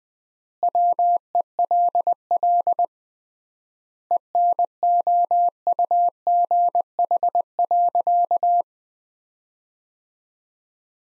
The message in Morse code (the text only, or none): WELL ENOUGH.